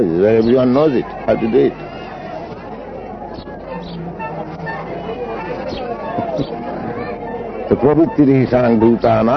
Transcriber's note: laughs